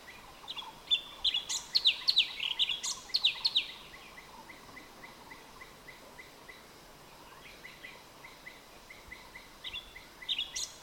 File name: suara burung cucak cungkok orange bellied leafbird